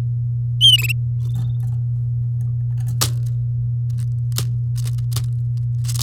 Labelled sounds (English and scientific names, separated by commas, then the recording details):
Domestic Canary (Serinus canaria) song
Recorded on 7 May 2018 at 08:24
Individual llb16